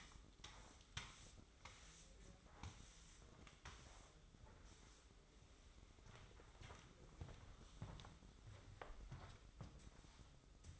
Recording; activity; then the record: daily activity, microphone in the room; sweep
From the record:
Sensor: 3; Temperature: 24.5 degrees Celsius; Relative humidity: 30.4%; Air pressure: 995.9 hPa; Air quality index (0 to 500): 94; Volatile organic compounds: 12 ppm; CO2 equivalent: 2355 ppm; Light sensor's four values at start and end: 28/82/34/31 and 28/84/35/31